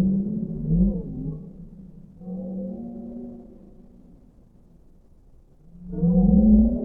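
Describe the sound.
Whale sounds: a short bending moan, a faint level call mid-way, and a loud rising harmonic cry at the close.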